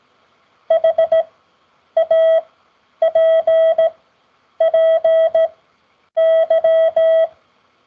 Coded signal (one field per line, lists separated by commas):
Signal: Morse code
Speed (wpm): 17 wpm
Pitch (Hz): 650 Hz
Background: none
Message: HAPPY